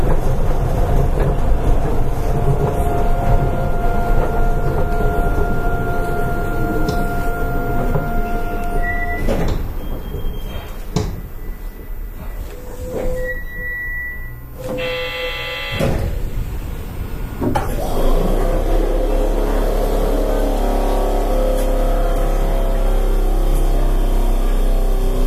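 An Astram Line 6000 train running, with a steady low rumble and a whining tone that holds, then shifts pitch around nine seconds. Mid-ride the sound thins briefly, with short clicks and squeals near 13 to 16 seconds, before the loud rolling rumble returns.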